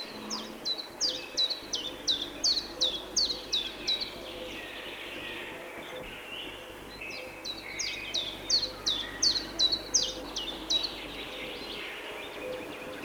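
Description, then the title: Common chiffchaff singing two bursts of bright, repeated high chiff-chaff notes, separated by a few seconds of quiet hiss. "Ярмышко Л. - Аудиоэнциклопедия. Ïåíî÷êà-òåíüêîâêà"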